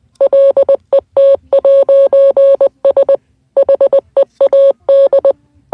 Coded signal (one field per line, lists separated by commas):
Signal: Morse code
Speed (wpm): 20 wpm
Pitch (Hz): 550 Hz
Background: none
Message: LET'S HEAD